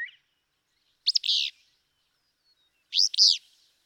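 Willow flycatcher song, two emphatic buzzy 'fitz-bew' phrases about two seconds apart, sharp and burry, with silence between.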